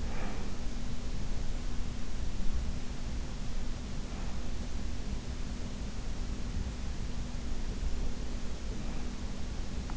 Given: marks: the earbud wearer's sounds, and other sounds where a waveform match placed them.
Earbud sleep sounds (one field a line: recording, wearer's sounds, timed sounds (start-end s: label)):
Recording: sounds in sleep by an in-ear microphone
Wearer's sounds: breath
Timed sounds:
0.00-0.66 s: breath